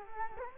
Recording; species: mosquito wingbeat signal from an infrared sensor; Culex quinquefasciatus